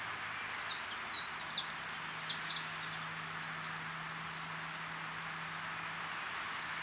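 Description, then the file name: Eurasian wren song: one vigorous phrase of fast, high, jumbled notes and trills lasting about four seconds, followed by quiet hiss. "Troglodytes troglodytes"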